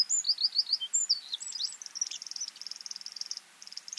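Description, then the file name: Eurasian wren song: high looping notes leading into a long, fast, even rattling trill, then a brief pause and the trill resuming. "Troglodytes troglodytes"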